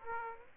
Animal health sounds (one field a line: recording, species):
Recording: mosquito wingbeat signal from an infrared sensor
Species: Aedes aegypti